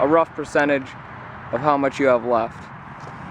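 A 36V lithium battery pack for a Black and Decker cordless string trimmer is handled as it is about to be slid into the back of the trimmer, where it snaps into place. Someone talks over faint background noise. Nothing has seated or clicked yet.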